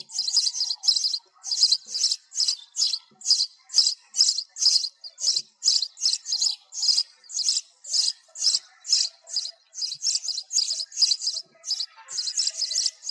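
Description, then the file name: Sparrow chirps, strident high notes following one another rapidly and continuously, roughly two each second, with nothing else distinct. Sparrow calling to its flock. "tieng se goi bay"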